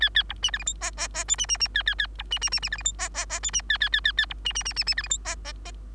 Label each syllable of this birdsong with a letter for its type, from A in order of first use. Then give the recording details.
A A B C D E F G G G H C C C A A A B C C C C D E F G G G H C A A A A A B C C C C C D E F G G G. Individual Bird3